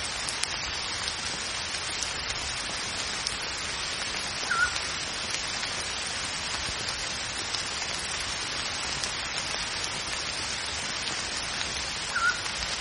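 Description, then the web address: Pygmy owl gives two short whistled notes roughly eight seconds apart, with dense rain noise throughout. Owl calls heard with rain in the background. "wavemill music Echoes of Nature - Rain With Pygmy Owl"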